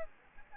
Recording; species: mosquito wingbeat signal from an infrared sensor; Aedes albopictus